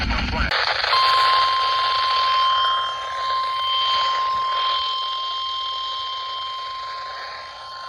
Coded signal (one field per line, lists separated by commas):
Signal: Emergency Alert System (SAME) tones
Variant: 1050 Hz attention tone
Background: speech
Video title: August 2023 EAS Alerts (#1,866 - 1,889)